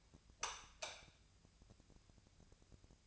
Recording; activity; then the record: daily activity, microphone in the room; light off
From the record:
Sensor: 2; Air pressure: 999.8 hPa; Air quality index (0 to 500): 117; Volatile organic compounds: 2 ppm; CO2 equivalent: 1009 ppm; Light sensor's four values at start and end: 38/100/42/46 and 34/84/36/40